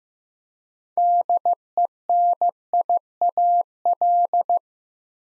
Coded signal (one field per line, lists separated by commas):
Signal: Morse code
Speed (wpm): 15 wpm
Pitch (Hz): 700 Hz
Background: none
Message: DENIAL